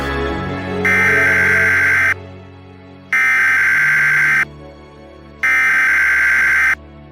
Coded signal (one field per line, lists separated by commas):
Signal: Emergency Alert System (SAME) tones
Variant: header bursts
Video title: 3 MINUTES - An EAS Scenario